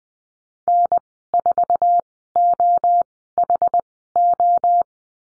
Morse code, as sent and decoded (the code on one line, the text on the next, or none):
-. ....- --- .... ---
N4OHO